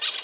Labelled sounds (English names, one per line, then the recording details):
Brown-throated Parakeet contact call
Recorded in Venezuela
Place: Guárico; Corozopando; Fundo La Fe
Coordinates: 8.506, -67.593